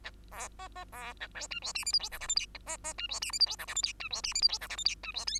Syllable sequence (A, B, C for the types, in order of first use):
A B C C B A D E F G H I J K L M N C C E F G H I J K L M N E F G H I J K L M N E F O